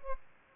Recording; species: mosquito wingbeat signal from an infrared sensor; Aedes aegypti